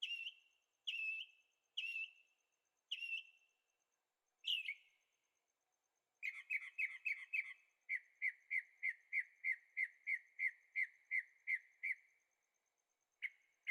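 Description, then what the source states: Bird singing several rich slurred notes, then a fast series of short chipping notes repeated about three per second, ending with a brief pause and a few more. Birds singing at night in Carefree, Arizona; recorded with a Zoom H6 using stereo microphones.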